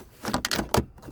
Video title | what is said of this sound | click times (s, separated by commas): 2014 challenger fuel pump replacement | so it snaps back in snaps back in | 0.5 s, 0.7 s